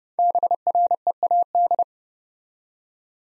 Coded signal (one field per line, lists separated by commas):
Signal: Morse code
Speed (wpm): 30 wpm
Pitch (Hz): 700 Hz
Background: none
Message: BREAD